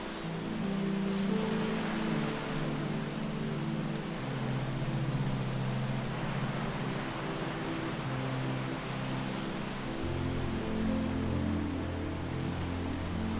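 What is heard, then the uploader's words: Ocean water washes in a steady, unbroken hiss that holds one level throughout, with no clear rise and fall of separate waves. Beneath it runs a low, sustained hum of tones that shift pitch in steps, notably near 4 and 10 seconds. Relaxing Music & Ocean Waves On A Tropical Island. The crystal-clear waters lap gently against the shore.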